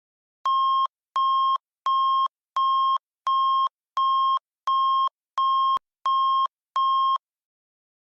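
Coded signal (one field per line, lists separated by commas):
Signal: none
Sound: synthetic alert beeps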